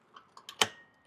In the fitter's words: pedals they just pop into place